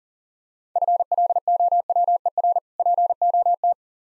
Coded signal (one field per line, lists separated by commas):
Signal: Morse code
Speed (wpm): 41 wpm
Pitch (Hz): 700 Hz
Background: none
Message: FLOWER POT